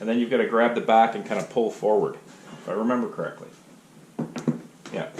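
Someone talks while working the plastic front display panel on the front fairing of a BRP Can-Am Outlander 570 ATV, pushing at the front and pulling the back forward to pop its retaining clips free. Three short, sharp clicks follow at about 4.2, 4.5 and 4.9 seconds as the trim panel clips pop loose and the panel is released.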